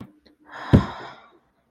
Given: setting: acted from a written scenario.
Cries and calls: vocal sound without words; serenity

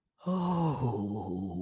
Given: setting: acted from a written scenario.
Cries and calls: vocal sound without words; ecstasy

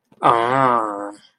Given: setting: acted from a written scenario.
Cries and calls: vocal sound without words; realization

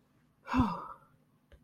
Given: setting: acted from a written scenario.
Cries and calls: vocal sound without words; relief

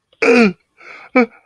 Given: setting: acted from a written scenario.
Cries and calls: vocal sound without words; distress

